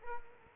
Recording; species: mosquito wingbeat signal from an infrared sensor; Culex quinquefasciatus